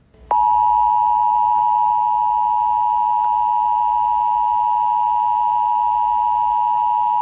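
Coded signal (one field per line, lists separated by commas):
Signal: Emergency Alert System (SAME) tones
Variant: 853 and 960 Hz attention tone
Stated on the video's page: Unofficial fan-made EAS-style alert for the 2022 Lismore floods.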